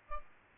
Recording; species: mosquito wingbeat signal from an infrared sensor; Aedes albopictus